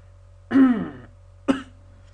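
Two cough-like bursts about a second apart: a longer voiced, throaty first burst with a falling tone, then a short sharp second one. A plain adult cough with some throat-clearing quality. A low steady hum runs underneath.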